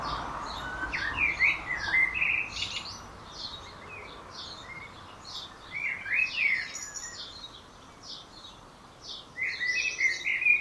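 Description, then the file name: Common blackbird singing several mellow warbled phrases in turn, with high twittering. "Turdus merula"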